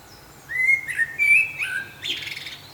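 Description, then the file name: Common blackbird with a run of rich whistled notes that waver and rise, ending in a short scratchy, buzzy flourish. "Turdus merula"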